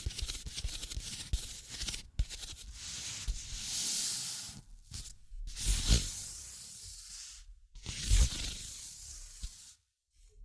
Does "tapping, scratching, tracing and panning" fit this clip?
yes